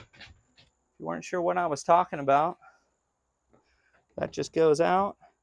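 A plastic fender-hanging clip is handled near its rail mount on a 2022 Cobia 280 Dual Console boat with twin Yamaha outboards. Someone talks over faint handling noises. Nothing has seated or clicked yet.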